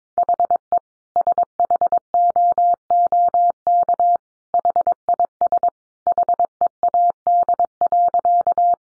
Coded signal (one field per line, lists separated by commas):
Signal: Morse code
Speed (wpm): 22 wpm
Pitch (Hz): 700 Hz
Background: none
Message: HE SHOOK HIS HEAD.